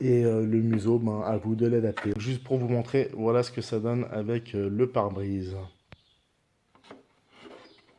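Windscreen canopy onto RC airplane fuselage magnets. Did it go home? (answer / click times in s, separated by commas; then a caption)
no / none. Someone talks while handling the windscreen canopy of a Horizon Hobby Hangar 9 Valiant 10cc EP 6s RC airplane, which is being fitted onto the fuselage where magnets on the left and right will hold it. After the talk, a sharp brief tap sounds at about 5.9 s and a fainter one at 6.8 s, followed by soft rubbing. The canopy has not seated or clicked into place yet.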